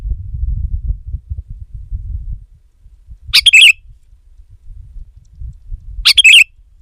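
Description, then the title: Sooty-headed bulbul giving two short, harsh chattering bursts about three seconds apart over low rumbling noise. "kutilang"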